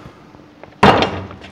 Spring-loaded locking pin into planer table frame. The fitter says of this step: dan zit hij ook vast.